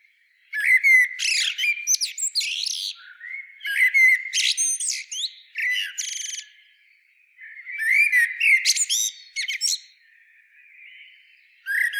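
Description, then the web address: Common blackbird song: three warbled phrases and the start of a fourth, each a low fluted whistle run ending in squeaky high twittering, separated by short pauses. "SETE Turdus merula"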